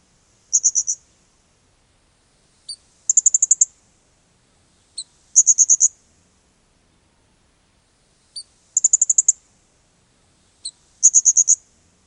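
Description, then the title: Blue-crowned hanging parrot calls, several in a row, most a sharp high chip followed by a rapid stuttering trill of very high notes. "SERINDIT"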